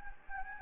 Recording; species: mosquito wingbeat signal from an infrared sensor; Anopheles gambiae